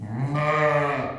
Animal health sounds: contact call of a hoofed animal; sheep; low-frequency (closed-mouth) or high-frequency (open-mouth) call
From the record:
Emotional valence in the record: negative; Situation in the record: short social isolation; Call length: 1.18 s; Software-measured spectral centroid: 1490 Hz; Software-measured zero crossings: 1460 a second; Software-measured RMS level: -24 dBFS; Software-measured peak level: -9 dBFS

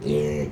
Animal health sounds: contact call of a hoofed animal; pig; closed-mouth grunt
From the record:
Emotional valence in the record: negative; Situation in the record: short social isolation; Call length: 0.51 s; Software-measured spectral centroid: 2000 Hz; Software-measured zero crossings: 1000 a second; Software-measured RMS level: -24 dBFS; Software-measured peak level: -13 dBFS

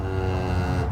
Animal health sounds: contact call of a hoofed animal; cattle; low-frequency (closed-mouth) or high-frequency (open-mouth) call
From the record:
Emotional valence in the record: positive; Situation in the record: visual reunion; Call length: 0.91 s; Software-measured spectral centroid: 1570 Hz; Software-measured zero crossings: 780 a second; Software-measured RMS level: -24 dBFS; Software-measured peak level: -14 dBFS

